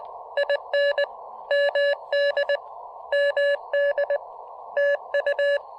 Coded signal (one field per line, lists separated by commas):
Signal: Morse code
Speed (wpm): 19 wpm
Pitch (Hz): 590 Hz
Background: none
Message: IN MD MD TU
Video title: Taking the KM4ACK 40 meter EFHW on its maiden QRP field activation!